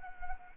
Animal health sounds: mosquito wingbeat signal from an infrared sensor; Anopheles arabiensis

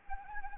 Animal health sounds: mosquito wingbeat signal from an infrared sensor; Anopheles gambiae

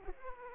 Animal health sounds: mosquito wingbeat signal from an infrared sensor; Aedes aegypti

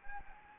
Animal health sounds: mosquito wingbeat signal from an infrared sensor; Anopheles gambiae

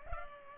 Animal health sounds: mosquito wingbeat signal from an infrared sensor; Culex pipiens

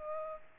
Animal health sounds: mosquito wingbeat signal from an infrared sensor; Aedes aegypti

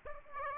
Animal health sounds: mosquito wingbeat signal from an infrared sensor; Aedes aegypti

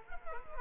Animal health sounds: mosquito wingbeat signal from an infrared sensor; Culex quinquefasciatus

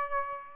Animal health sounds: mosquito wingbeat signal from an infrared sensor; Aedes aegypti

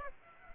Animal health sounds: mosquito wingbeat signal from an infrared sensor; Aedes aegypti

